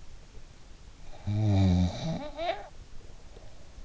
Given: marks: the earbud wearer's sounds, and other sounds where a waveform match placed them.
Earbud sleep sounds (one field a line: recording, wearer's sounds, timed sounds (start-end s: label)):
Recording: sounds in sleep by an in-ear microphone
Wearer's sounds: snoring breath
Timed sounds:
0.81-3.77 s: snoring breath